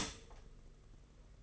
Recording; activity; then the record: daily activity, microphone in the room; stop toaster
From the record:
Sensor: 4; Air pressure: 992.4 hPa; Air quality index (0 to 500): 144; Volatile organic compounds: 82 ppm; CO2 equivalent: 3622 ppm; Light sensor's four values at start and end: 18/63/23/24 and 18/63/23/24